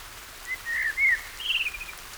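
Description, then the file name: Common blackbird song phrase: fluted whistles followed by a higher, scratchy twittering flourish, with soft background noise. "Turdus merula"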